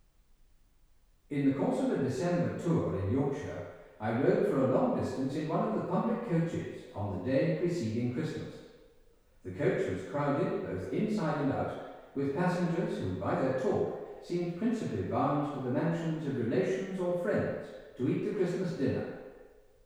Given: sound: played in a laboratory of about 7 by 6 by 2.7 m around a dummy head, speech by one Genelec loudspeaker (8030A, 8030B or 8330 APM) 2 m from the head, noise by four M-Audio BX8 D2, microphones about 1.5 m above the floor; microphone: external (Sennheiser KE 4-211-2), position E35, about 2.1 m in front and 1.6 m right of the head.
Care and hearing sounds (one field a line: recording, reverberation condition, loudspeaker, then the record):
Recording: male speech in English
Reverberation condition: high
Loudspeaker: 90 degrees to the right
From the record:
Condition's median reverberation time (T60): about 1300 ms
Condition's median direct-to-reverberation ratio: about -4.0 dB